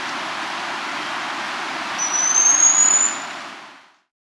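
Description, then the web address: Black-streaked puffbird: one thin, high, gently rising whistle lasting about a second against a steady hiss, which fades out at the end. South America. "Natures Songs S America Black-Streaked Puffbird"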